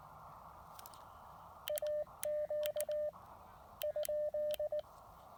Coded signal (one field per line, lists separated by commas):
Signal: Morse code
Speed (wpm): 19 wpm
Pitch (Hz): 600 Hz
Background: none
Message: AQ ?